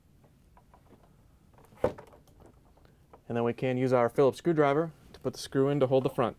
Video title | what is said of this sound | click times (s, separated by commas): How To: LG/Kenmore Water Line 5210JA3004U | we're going to hook the assembly up onto this mounting point and push it back so it locks in place and then | 1.8 s